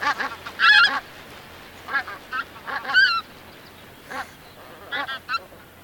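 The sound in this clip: Bird giving harsh, honking calls with strong harmonics, delivered in irregular bursts of one to three notes over about six seconds, with a low steady hum behind.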